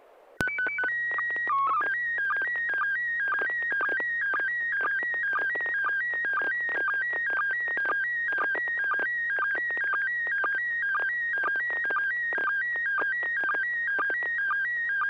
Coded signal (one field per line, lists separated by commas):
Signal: SSTV (slow-scan television)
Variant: PD 120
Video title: N6NA SSTV Net - 04/08/2026